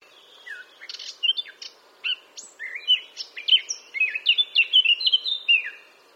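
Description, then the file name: Eurasian blackcap song: scattered chattering notes that grow into a steady series of loud, clear fluty whistles, evenly paced to the close. "Sylvia atricapilla"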